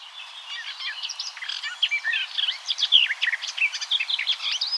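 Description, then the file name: Eurasian blackcap warbling continuously, a dense run of varied chirps, trills and short clear whistles throughout, with soft background hiss. "Sylvia atricapilla"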